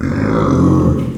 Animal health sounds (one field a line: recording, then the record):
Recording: squeal of a Yucatan mini pig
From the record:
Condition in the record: after surgery on the right vocal fold (resection and tissue-engineered implant)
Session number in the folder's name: 11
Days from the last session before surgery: 98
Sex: female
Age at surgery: 19 weeks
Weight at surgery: 25 kg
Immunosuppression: prednisolone